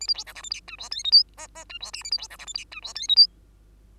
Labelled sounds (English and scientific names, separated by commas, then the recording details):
Bengalese Finch (Lonchura striata domestica) song
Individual Bird2